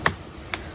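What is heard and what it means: Two sharp clicks at 0.1 s and 0.5 s as the remaining edges of a snap-on plastic shell case snap onto a 2020 Apple MacBook Pro laptop. The case is seated perfectly in place.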